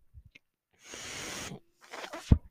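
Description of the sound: A steady hiss of air lasting under a second, then quieter clicks and a soft thump: a home ventilator delivering a breath.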